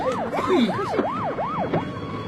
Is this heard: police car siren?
yes